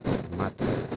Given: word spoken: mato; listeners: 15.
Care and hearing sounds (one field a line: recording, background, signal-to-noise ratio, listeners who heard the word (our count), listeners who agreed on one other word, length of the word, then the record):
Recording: one Spanish word in noise, from a listening test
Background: noise modulated by three-talker babble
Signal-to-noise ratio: -5.0 dB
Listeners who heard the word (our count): 4 of 15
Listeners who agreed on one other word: 6 of 15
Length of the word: 0.56 s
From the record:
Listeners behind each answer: 6, 4, 1, 1, 1, 1, 1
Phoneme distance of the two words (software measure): 34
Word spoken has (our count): 2 syllables, 4 phonemes, stress on syllable 1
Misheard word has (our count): 3 syllables, 6 phonemes, stress on syllable 2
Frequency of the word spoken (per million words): 4.30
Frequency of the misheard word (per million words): 0.45